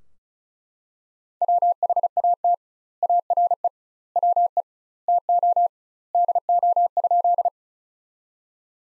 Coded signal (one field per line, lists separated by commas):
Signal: Morse code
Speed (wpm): 34 wpm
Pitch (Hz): 700 Hz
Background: none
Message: WHAT ARE WE TO DO?